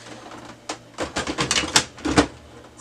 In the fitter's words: the guides once you hear it click you know it's in there correctly